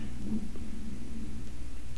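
Low rumbling stomach growling (borborygmi) from an adult's abdomen, associated with hunger.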